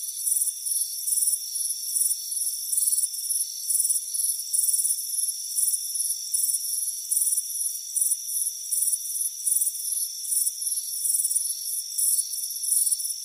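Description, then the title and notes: Cricket chorus: shrill pulsed chirps repeating quickly and continuously, backed by steady high-pitched insect tones. Crickets chirping on a warm afternoon at a front porch. "Soothing Crickets Chirping Sound. It's a warm afternoon as you relax in a hammock on the front porch. Relax and fall asleep to the soothing sound of chirping crickets"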